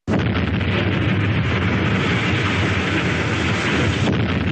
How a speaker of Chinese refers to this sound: 这是当时袁庚委托珠江电影制片厂录制的开山炸土方的炮声原声。在蛇口工业区筹建后半年，深圳特区开始建立，所以可以说蛇口的开山炮是深圳经济特区建设的第一炮，也是中国改革开放的一声春雷。